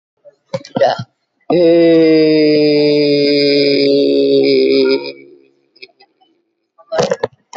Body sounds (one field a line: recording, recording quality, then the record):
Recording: sustained vowel as in made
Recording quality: excellent, no background noise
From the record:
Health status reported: COVID-19 positive, mild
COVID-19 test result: positive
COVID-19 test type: RT-PCR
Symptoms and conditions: cough, cold, muscle pain, chronic lung disease, ischaemic heart disease, another condition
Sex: female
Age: 81 years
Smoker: no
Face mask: not worn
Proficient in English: no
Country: India